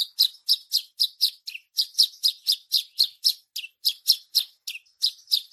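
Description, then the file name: Bush lark song: a steady run of sharp, high chirps repeated about four times a second, each a quick bright note, with no other sounds. Javan bush lark (branjangan) song described with the Indonesian word gacor. "suara branjangan gacor"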